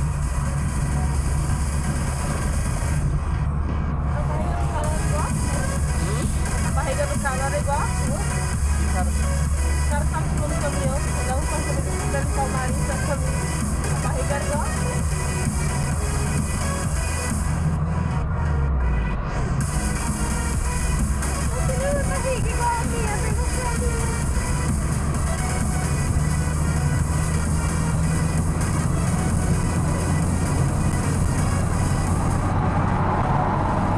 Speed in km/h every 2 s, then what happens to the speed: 65, 67, 67, 66, 66, 67, 68, 71, 76, 76, 79, 83, 89, 92, 98, 105, 107.
0-13 steady at about 67. 13-34 speeds up to 107.